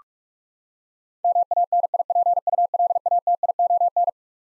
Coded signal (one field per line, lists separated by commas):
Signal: Morse code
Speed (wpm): 46 wpm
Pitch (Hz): 700 Hz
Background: none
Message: MANIPULATION